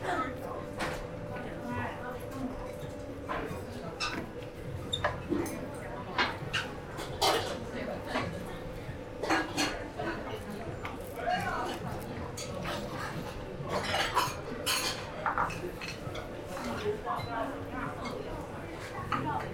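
Eating noodles at a small noodle shop: bowls, spoons and chopsticks clink sharply every second or so, with clusters of bright knocks around 7, 9 and 14 seconds. A murmur of talking runs underneath throughout, over a steady low hum.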